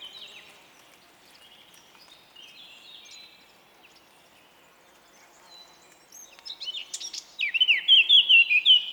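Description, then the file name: Eurasian blackcap, mostly quiet twittering at first, then a loud phrase of quick warbling ending in clear, fluty whistled notes. "Sylvia atricapilla"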